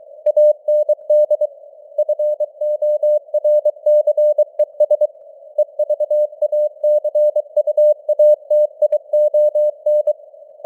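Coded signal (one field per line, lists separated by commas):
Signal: Morse code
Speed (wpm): 23 wpm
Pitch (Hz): 600 Hz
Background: none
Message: AND FORCES EVACUATION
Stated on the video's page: Morse code news headlines at 23 wpm with simulated radio noise and varying signal strength (QSB).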